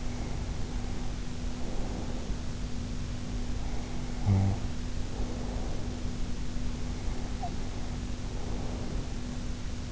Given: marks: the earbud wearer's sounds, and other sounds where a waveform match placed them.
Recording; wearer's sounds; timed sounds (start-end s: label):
sounds in sleep by an in-ear microphone; breath, snoring breath
0.00-2.39 s: breath
3.30-6.24 s: snoring breath
6.70-9.32 s: breath